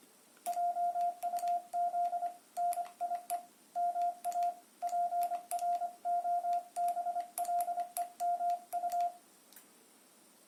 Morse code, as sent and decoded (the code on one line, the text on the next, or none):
.--- ..- --.. / -. .. . / -- .- / .--. .-. --- -... .-.. . -- ..-
JUZ NIE MA PROBLEMU